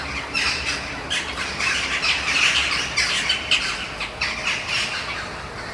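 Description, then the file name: Eurasian jackdaws calling, a dense stream of short, harsh notes in quick succession. "kawki"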